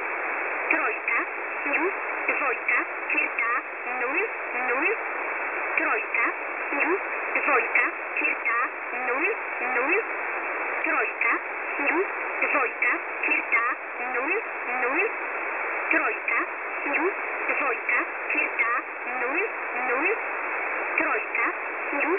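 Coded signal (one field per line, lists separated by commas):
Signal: numbers station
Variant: S11a Cherta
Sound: continuous hissy data signal full of rapid whistling sweeps and chirps, steady throughout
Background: radio static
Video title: S11a Cherta 15/07/2023 0830 UTC 5149kHz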